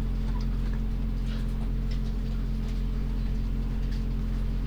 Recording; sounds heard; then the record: poultry house recording; sick chickens (respiratory disease)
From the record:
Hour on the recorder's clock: 21